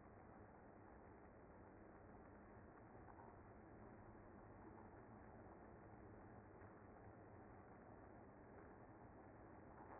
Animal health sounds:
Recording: honeybee colony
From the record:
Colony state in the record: active

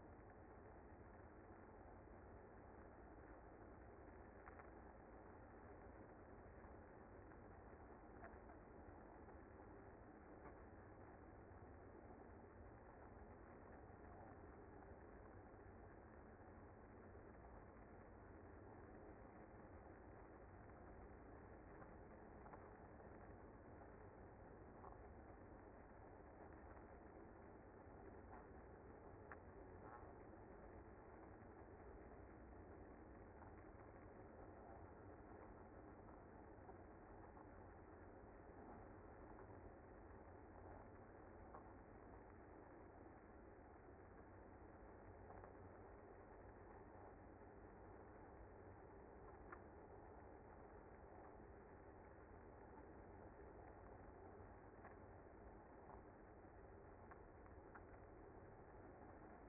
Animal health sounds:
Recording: honeybee colony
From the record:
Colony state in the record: active

